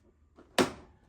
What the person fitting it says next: there it goes. It clicks into place.